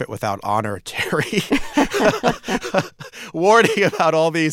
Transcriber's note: laughter